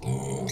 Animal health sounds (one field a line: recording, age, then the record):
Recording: pig call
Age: weaner (32 to 43 days)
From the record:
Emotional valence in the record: negative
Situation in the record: novel object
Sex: female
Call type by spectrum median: low-frequency call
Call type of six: mixed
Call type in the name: high-frequency modulated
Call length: 0.52 s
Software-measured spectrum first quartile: 193 Hz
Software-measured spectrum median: 547 Hz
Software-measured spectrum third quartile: 3344 Hz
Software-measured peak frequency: 134 Hz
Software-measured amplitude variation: 124 dB a second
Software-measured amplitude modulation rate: 32.9 a second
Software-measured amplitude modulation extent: 3.8 dB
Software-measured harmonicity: 8.3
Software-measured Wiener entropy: -3.98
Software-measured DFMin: 1837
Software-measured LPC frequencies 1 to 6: 2104, 4015, 5813, 7302, 8522, 8987 Hz